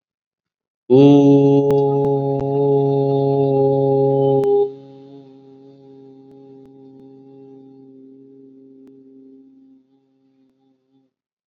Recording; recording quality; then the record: sustained vowel as in boot; excellent, no background noise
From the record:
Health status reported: COVID-19 positive, mild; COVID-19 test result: positive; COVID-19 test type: rapid antigen test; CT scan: not taken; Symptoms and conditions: fever, fatigue, muscle pain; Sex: male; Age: 18 years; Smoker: no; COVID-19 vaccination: none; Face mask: worn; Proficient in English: yes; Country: India